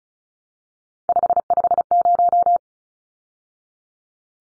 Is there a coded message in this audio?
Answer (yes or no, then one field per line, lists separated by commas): yes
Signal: Morse code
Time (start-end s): 1.1-2.6 s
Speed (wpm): 34 wpm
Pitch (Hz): 700 Hz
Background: none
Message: 550